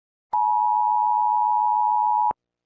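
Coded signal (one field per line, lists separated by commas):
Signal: Emergency Alert System (SAME) tones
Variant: 853 and 960 Hz attention tone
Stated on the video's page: EAS alarm tones played reversed.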